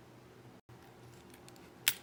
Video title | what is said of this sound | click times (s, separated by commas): Innokin Kroma-A & iSub-B Kit with new Plex3D Coils | when you unscrew it you felt that or you could hear it pop open this is actually springy in here | 1.9 s